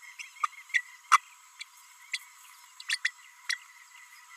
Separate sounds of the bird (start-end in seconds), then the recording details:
0.42-0.47, 0.73-0.82, 1.11-1.18, 1.59-1.63, 2.13-2.19, 2.88-2.96, 3.04-3.11, 3.49-3.55. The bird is a female. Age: 32 days. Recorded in a nest box in Venezuela. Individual 17B32A5